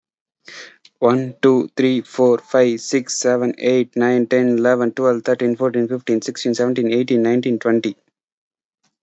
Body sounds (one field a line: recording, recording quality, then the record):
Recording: counting at a fast pace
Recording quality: excellent, no background noise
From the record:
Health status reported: healthy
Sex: male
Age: 34 years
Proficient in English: yes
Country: India